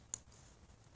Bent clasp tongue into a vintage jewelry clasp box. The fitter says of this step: doesn't click very good does it because it's bent see